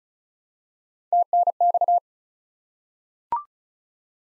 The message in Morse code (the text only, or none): TNX